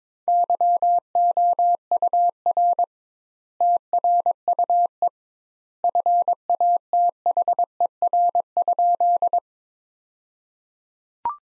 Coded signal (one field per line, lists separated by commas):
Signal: Morse code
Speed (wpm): 22 wpm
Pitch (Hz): 700 Hz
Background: none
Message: YOUR TRUE FATHER?